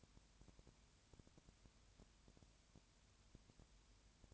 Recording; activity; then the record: daily activity, microphone in the room; no activity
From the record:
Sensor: 2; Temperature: 20.4 degrees Celsius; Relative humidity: 35.6%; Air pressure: 1007.1 hPa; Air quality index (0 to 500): 122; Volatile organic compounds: 2 ppm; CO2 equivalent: 1254 ppm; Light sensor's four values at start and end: 2/3/2/2 and 2/3/2/2